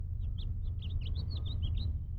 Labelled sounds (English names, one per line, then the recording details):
House Finch song
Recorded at Lawrence on Long Island, New York, on 4 June 1975
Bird F